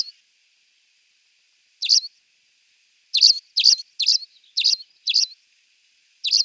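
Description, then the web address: Spanish sparrow song of strident, repeated chirps: a cut-off note at the start, a lone chirp, then a run of five about every half second, then another after a gap. "Schulze Peter Spanish Sparrow song"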